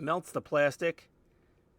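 Someone talks while two small plastic locating tabs on a part of a 1:48 scale U96 U-Boat model kit are handled after a liquid has been applied to them, ready to be pushed into their holes. Nothing has seated or clicked yet; the speech ends around 1.0 s, and the rest is quiet.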